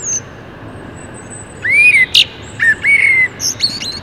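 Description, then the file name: Blackbird song phrase of low, mellow fluted notes that break into high, thin twittering squeaks at the end. "Turdus merula"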